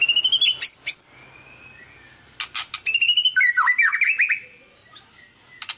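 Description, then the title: White-rumped shama song: clear whistled phrases rising and falling, broken by sharp harsh bursts and a rapid run of slurred whistles, with short pauses between phrases. Used as a lure to make other birds respond; described as an actively singing ('gacor') bird. "PANCINGAN MEWAH MURAI BATU GACOR, SEKALI DENGAR AMPUH LANGSUNG RESPON"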